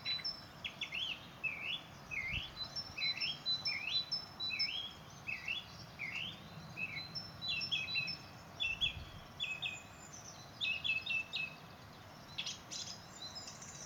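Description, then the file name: Song thrush singing a clear motif of hooked, whistled notes repeated many times in quick succession, then switching to a different short, chattery repeated phrase. Recorded in a garden in Büren on 3 March 2019. "Singdrossel am 03 03 2019 im Bürener Garten"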